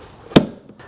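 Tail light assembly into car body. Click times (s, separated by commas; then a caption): 0.4 s. On a 2013–2016 Ford Escape, the tail light assembly is pushed straight onto the car body so its pegs engage the body clips. A single sharp click at 0.4 s marks it seating into place, followed by a much fainter tick near 0.7 s.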